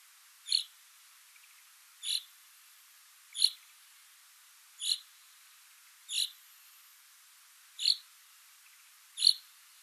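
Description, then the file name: Common chaffinch calling with sharp, clipped single notes, seven in a steady series roughly every one and a half seconds. "Fringilla coelebs"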